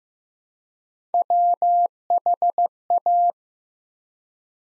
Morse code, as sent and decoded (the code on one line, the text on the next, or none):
.-- .... .-
WHA